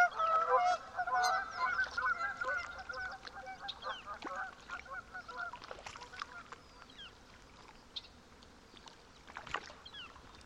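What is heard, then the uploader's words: Geese honk loudly at a lake in Washington's Methow Valley, then fade after four seconds, leaving scattered small splashes and faint chirps. A great place to listen to insects — and birds — is a remote mountain lake in the spring. Gordon Hempton, an acoustic ecologist and sonic guide for the this series, recorded the sounds of this lake in Washington’s Methow Valley. The air is so clear of noise you’ll actually be able to hear the tiny splashes of lake trout gobbling up insects from just below the surface.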